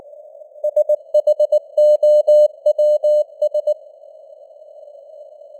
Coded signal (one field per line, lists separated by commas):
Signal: Morse code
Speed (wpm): 19 wpm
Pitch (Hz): 600 Hz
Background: none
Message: SHOWS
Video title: Morse Code News | 2025-10-04 | 19wpm